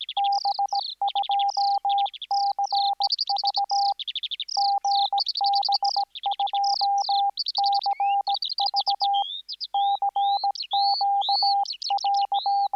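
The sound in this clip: Skylark singing a hurried stream of high trills and whistled notes, with runs of electronic dot-and-dash beeps throughout.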